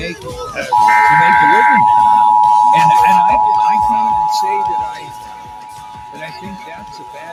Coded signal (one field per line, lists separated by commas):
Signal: Emergency Alert System (SAME) tones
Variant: 853 and 960 Hz attention tone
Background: speech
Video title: EAS- Utah Required Monthly Test (RMT) On KDOJ-FM, And KNRS-AM